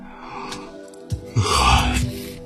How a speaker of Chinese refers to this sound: 萨姆打了个哈欠。